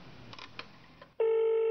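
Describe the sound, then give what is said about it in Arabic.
Soft clicks and rustling give way to a loud, steady telephone ringing tone in the receiver after a number is dialed on a rotary-dial telephone, a single buzzy mid-pitched burst that starts abruptly and holds until the end. “صوت رنين المتقطع”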